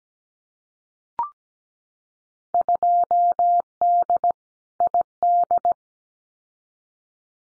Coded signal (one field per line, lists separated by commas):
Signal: Morse code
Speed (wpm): 17 wpm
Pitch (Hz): 700 Hz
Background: none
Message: 2D ID